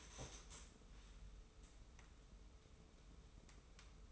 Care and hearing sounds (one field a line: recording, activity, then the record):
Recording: daily activity, microphone in the room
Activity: stand up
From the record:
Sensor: 1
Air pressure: 994.4 hPa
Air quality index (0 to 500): 220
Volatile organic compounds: 1000 ppm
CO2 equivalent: 7865 ppm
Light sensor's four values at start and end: 94/208/93/97 and 121/273/122/133